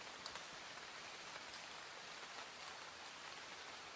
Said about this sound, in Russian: Дождь струился по моим щекам и смешивался со слезами, которые неконтролируемо текли из глаз.